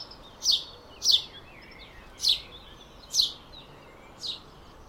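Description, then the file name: House sparrow giving five sharp, high chirps about a second apart, the last one softer, over a steady background hiss. "Passer domesticus"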